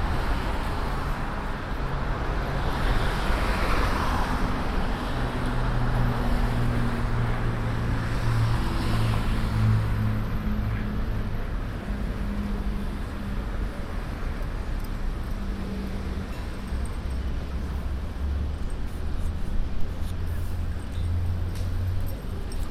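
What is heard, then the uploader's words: Street ambience from a bench on the median of Broadway at 108th: a steady, dense wash of traffic noise with no pauses. Low engine rumbles rise and fall as vehicles pass, and faint voices occasionally surface in the mix. A binaural field recording sitting on a bench on the medium of broadway at 108th.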